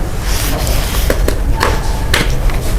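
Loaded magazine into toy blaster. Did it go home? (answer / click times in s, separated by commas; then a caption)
yes / 2.1 s. A filled magazine is pushed into a toy blaster, with light handling noise and a smaller sharp tap at about 1.6 s. A loud, sharp latch click follows at 2.1 s as the magazine seats in the blaster.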